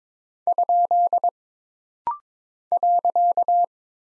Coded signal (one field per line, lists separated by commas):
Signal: Morse code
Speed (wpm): 22 wpm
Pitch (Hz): 700 Hz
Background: none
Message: ? .